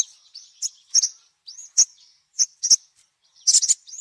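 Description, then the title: Little spiderhunter song: high, thin notes with sharp emphatic chips at irregular intervals, closing in a brief rattling cluster. 'Labaik' song variety; used for training songbirds. "Sogok Ontong Labaik"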